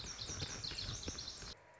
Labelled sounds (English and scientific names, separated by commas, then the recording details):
Lazuli Bunting (Passerina amoena)
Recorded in Sonoma County, California